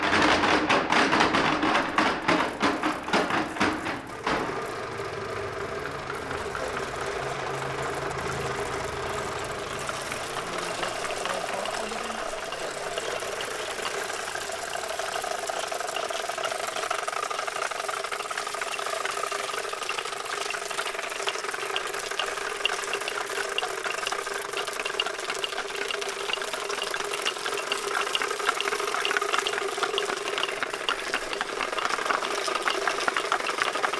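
A field recording of a steady engine hum with a loud, rattling opening that settles after about four seconds into an even drone.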